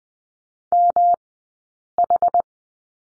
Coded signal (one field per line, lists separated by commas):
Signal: Morse code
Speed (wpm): 20 wpm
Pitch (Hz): 700 Hz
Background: none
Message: MH